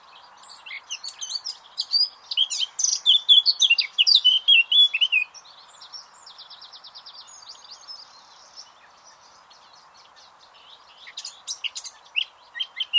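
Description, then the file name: Eurasian blackcap song, a loud run of mixed whistled and scratchy notes in the first five seconds, then soft rapid chatter and another short phrase near the end. "Sylvia atricapilla"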